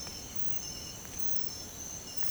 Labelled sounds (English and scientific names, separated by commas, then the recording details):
none
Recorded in secondary vegetation near Puerto Asís, Putumayo, Colombia, on 20 December 2024 at 06:00
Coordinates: 0.468, -76.324
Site G095